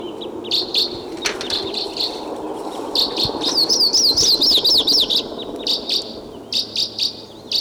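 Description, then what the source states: Red Crossbill (Type 2) calls: repeated high chirps at an uneven pace, a wavering trill near the middle, and a constant low rumble behind. Wild Type 2 bird heard coming in, thought to be in the tree right above the truck; recorded with a tape recorder.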